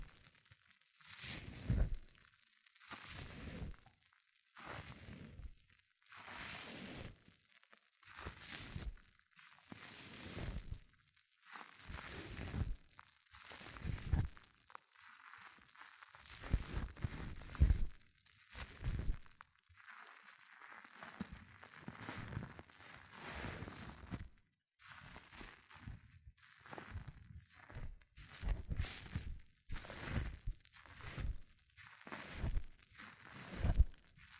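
Hair mousse fizzes and crackles in repeated bursts, each swelling and fading within a second or two, with brief near-silent gaps between. The crinkly, crunching texture is bright and dense, with irregular pops and soft thumps scattered throughout the 34 seconds.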